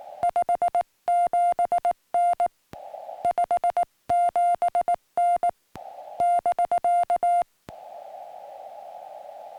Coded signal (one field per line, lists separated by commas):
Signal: Morse code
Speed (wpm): 19 wpm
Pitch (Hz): 700 Hz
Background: music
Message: 57N 57N <BK>